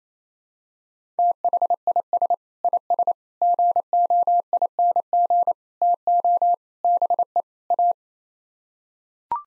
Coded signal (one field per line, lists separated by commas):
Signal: Morse code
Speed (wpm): 28 wpm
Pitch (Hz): 700 Hz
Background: none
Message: THIS IS GOING TO BE A